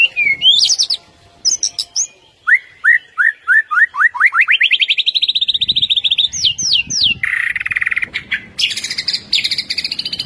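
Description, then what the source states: White-rumped shama song: a series of upslurred whistles rising in pitch into a trill, then a harsh buzzy passage and scratchy high notes. Masteran (training) track featuring full 'ngerol' and 'nembak' song styles.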